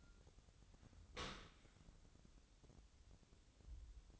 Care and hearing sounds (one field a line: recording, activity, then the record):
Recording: daily activity, microphone in the room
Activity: open dishwasher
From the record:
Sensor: 3